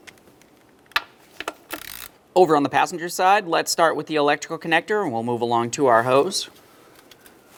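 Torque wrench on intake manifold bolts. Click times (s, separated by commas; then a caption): 1.0 s. A torque wrench goes over the intake manifold bolts of a 2007-2013 Acura MDX 3.7L V6 one more time at the same setting, to make sure everything is torqued properly. It gives a sharp click at 1.0 s when it reaches torque, followed by a few lighter ticks. Someone then talks for most of the rest of the clip.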